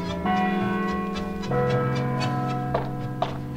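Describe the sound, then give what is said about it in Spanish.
A church bell tolls twice, marking eleven o'clock at night, each deep, resonant strike ringing out with a long humming sustain of layered overtones, with a few faint clicks near the end. “Mientras ellas caminaban por la vereda rumbo al hotel, las campanas de la iglesia anunciaban las 11 de la noche.”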